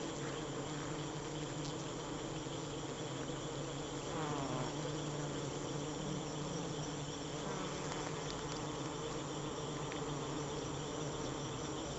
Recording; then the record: honeybee defence experiment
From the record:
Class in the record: attack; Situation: Africanized honeybees under attack by Camponotus atriceps ants